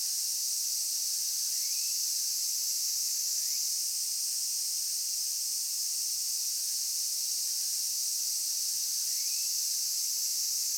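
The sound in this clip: Cicada drone, even and high-pitched throughout, with occasional soft rising whistled notes beneath it.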